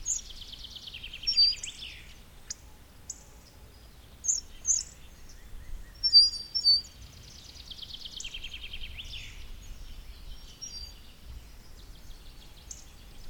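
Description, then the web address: Bird song, dense high-pitched chirps and buzzy trills in quick bursts, with pauses between phrases and a faint low rumble beneath. "madarak enek"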